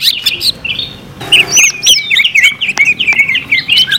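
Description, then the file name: Greater green leafbird singing a quick, twisting series of clear whistles and chirps, with a short noisy burst about a third of the way in. Simulated song contest for leafbirds. "audio simulasi lomba cucak hijau. omkicau"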